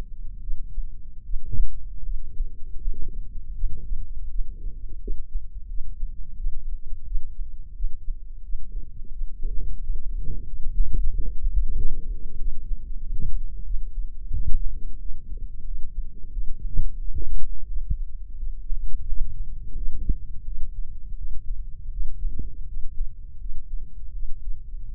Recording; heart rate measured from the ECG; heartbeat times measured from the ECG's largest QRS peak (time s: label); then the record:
heart sounds by microphone in the left ear; 86 bpm
0.42 s: heartbeat
1.25 s: heartbeat
2.05 s: heartbeat
2.80 s: heartbeat
3.55 s: heartbeat
4.30 s: heartbeat
5.01 s: heartbeat
5.69 s: heartbeat
6.38 s: heartbeat
7.06 s: heartbeat
7.75 s: heartbeat
8.44 s: heartbeat
9.12 s: heartbeat
9.81 s: heartbeat
10.47 s: heartbeat
11.12 s: heartbeat
11.76 s: heartbeat
12.38 s: heartbeat
13.01 s: heartbeat
13.65 s: heartbeat
14.31 s: heartbeat
14.99 s: heartbeat
15.65 s: heartbeat
16.31 s: heartbeat
16.99 s: heartbeat
17.67 s: heartbeat
18.37 s: heartbeat
19.07 s: heartbeat
19.75 s: heartbeat
20.45 s: heartbeat
21.16 s: heartbeat
21.91 s: heartbeat
22.67 s: heartbeat
23.39 s: heartbeat
24.13 s: heartbeat
24.88 s: heartbeat
From the record:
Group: healthy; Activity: rest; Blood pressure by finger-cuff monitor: 107/68 mmHg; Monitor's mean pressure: 80 mmHg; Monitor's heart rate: 85 bpm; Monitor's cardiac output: 8.2 L/min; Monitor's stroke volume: 96 mL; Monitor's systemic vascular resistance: 720 dyn s/cm5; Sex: male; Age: 57 years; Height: 188 cm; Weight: 106 kg